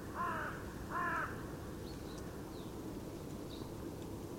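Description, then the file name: Carrion crow uttering two strong, grating caws in quick succession, followed by low background hum and a few thin, high chirps from other birds. "Corvus corone"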